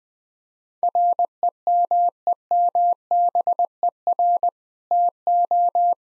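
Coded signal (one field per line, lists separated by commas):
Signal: Morse code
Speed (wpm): 20 wpm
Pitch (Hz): 700 Hz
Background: none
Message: REMEMBER TO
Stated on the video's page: Morse sentence practice at 20 wpm; each sentence sent, spoken, then sent again.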